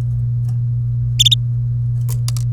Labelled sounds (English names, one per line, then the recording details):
Domestic Canary song
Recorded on 30 April 2018 at 12:26
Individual llb3